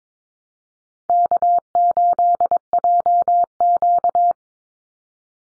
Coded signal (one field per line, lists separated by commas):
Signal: Morse code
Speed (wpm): 22 wpm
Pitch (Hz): 700 Hz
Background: none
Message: K8JQ